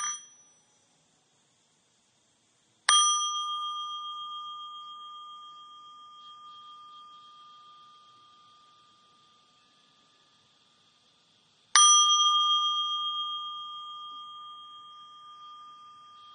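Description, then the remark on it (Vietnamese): A meditation bell is struck alone three times to mark the end of a session, each clear, steady strike ringing with a bright, pure tone that slowly fades over several seconds before the next, after a brief clipped ring at the start. “Khi nghe ba tiếng chuông kết thúc, kính mời đại chúng vẫn tiếp tục duy trì sự thư giãn.”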